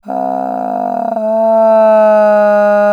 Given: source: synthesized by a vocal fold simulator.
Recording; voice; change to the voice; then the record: sustained vowel; female; asymmetry, level 10 of 51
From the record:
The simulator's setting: 1.90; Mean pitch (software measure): 185 Hz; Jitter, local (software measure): 1.46%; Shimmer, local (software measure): 3.1%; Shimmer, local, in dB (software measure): 0.34 dB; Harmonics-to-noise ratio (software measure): 22.1 dB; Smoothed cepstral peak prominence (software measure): 13.9 dB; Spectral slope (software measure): -25.4 dB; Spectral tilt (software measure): -11.5 dB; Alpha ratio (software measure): -15.9 dB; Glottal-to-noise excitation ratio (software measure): 0.942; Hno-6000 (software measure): 2.6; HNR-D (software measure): 31.0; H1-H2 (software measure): 4.6 dB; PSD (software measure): 2.1e-03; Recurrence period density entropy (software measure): 0.109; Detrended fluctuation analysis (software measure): 0.0307